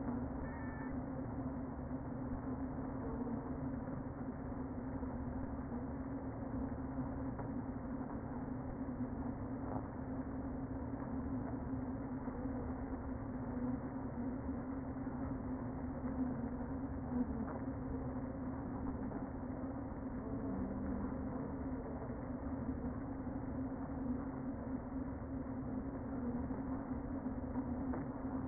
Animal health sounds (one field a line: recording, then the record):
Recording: honeybee colony, microphone inside the hive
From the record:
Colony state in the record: queen present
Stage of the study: before two queens were removed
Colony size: about 60,000 bees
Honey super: yes